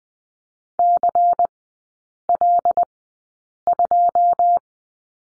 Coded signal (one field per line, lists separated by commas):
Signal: Morse code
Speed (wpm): 20 wpm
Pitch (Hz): 700 Hz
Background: none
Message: CL2